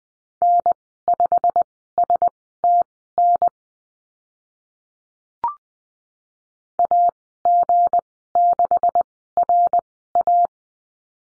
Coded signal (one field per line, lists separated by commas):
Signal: Morse code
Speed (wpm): 20 wpm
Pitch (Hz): 700 Hz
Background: none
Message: N5STN AG6RA